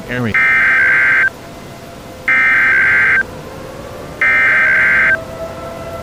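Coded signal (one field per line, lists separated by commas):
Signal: Emergency Alert System (SAME) tones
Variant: header bursts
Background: speech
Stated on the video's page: Simulated EAS scenario.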